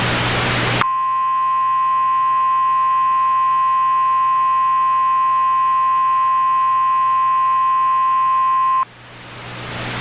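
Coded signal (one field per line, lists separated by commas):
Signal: Emergency Alert System (SAME) tones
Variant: 1050 Hz attention tone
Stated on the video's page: Mock alert, not a real broadcast.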